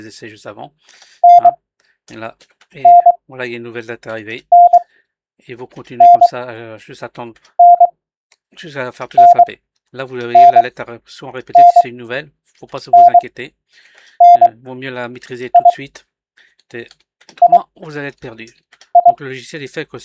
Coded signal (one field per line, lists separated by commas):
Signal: Morse code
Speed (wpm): 22 wpm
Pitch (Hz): 700 Hz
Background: speech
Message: NNNNNNNNNNI II